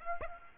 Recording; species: mosquito wingbeat signal from an infrared sensor; Aedes aegypti